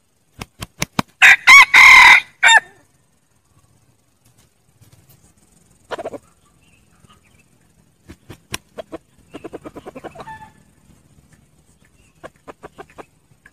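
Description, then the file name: Red junglefowl, sharp claps then one loud rasping crow, followed by scattered clucks, a fast chattering run and further soft notes. Wild rooster crowing to call hens. "tieng ga trong rung gay goi ga"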